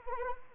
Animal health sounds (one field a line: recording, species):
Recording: mosquito wingbeat signal from an infrared sensor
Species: Anopheles arabiensis